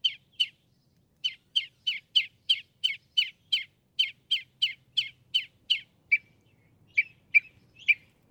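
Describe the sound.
Northern mockingbird singing a fast string of repeated sharp chirps, then switching to a few different, slightly lower notes.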